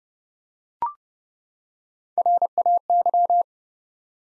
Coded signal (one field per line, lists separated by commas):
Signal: Morse code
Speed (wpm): 30 wpm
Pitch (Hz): 700 Hz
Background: none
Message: RAY